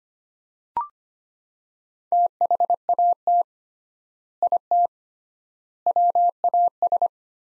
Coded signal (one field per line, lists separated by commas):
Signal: Morse code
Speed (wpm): 25 wpm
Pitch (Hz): 700 Hz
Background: none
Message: THAT IT WAS